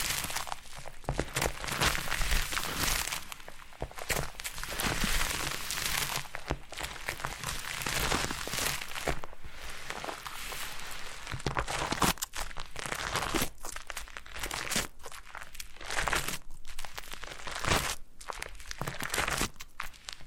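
Foam being rubbed and squeezed in a massage, producing a continuous crinkling, scratchy rustle across the full twenty seconds. The friction comes in dense, irregular bursts with brief dips between strokes, bright and hissy on top with a soft low thump underneath.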